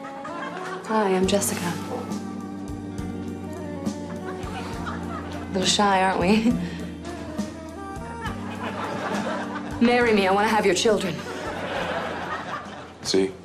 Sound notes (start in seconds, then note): 4.1 laughter; 8.2 laughter; 11.1 laughter